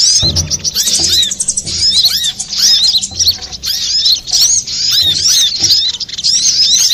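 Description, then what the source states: Little spiderhunter song, steady rapid high chirps and short warbling phrases throughout, with faint low humming beneath. Master recording used for training cage birds.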